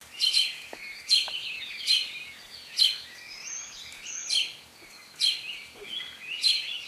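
Bird calls, sharp high chirps repeated several times in an irregular series, over light background hiss.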